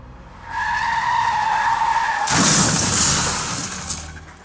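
A vehicle's tires squeal in a long, wavering high-pitched skid for about two seconds, then a loud crashing burst of noise erupts and rumbles on before fading.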